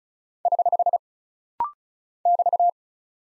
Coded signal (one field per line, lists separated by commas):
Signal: Morse code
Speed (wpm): 36 wpm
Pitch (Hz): 700 Hz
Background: none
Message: <HH> <BT>